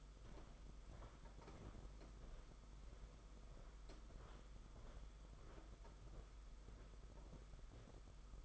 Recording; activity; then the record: daily activity, microphone in the room; walk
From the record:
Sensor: 5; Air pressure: 991.8 hPa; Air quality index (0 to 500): 148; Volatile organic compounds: 172 ppm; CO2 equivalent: 4114 ppm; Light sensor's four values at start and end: 32/107/40/42 and 32/108/40/43